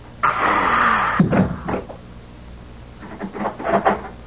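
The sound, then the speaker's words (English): A door swings open with a rough, sustained scraping rush that ends in a solid thump, followed by a pause and then a few softer wooden knocks and rattles. “oh, there's a patient outside. Close the door.”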